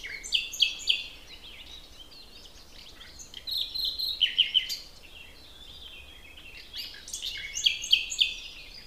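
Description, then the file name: Common nightingale song with rapidly repeated sharp notes in quick series, three phrases separated by short pauses, plus scattered softer chirps. "Luscinia megarhynchos"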